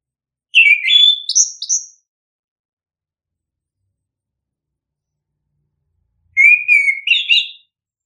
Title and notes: Suara Kicauan Burung untuk memaster burung kesayangan